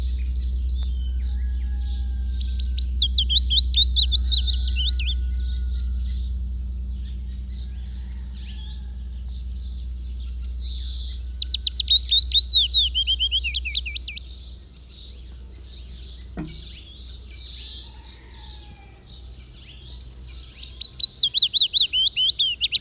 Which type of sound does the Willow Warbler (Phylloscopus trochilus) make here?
song